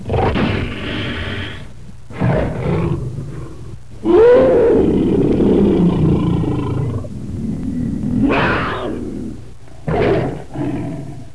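Tiger growling and roaring: several rough, rumbling calls, then one long, loud roar, followed by a few shorter harsh bursts.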